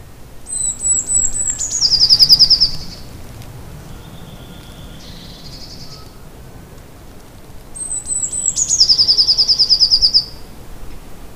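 Eurasian blue tit singing two phrases several seconds apart, each a few high thin notes that slide down into a fast, ringing trill, with a faint lower note between them.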